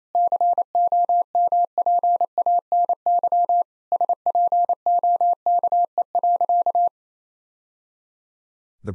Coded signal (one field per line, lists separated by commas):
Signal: Morse code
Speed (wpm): 27 wpm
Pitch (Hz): 700 Hz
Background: none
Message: COMPANY SPOKE.